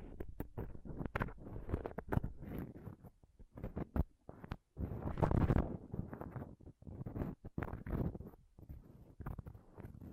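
Scratching and touching on a microphone, a dense run of rough, crackling rubs and quick taps with short silent gaps around 4.5 and 7.5 seconds. The sound is mostly low and thick, with sharp bright clicks, and swells to a heavy, sustained rubbing between 5 and 6 seconds.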